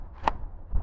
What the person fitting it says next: I can hear and feel when it pops into place, reholstering my weapon.